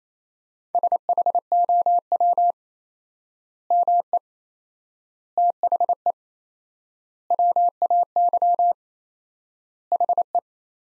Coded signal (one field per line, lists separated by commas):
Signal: Morse code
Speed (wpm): 28 wpm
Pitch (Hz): 700 Hz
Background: none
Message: SHOW ME THE WAY HE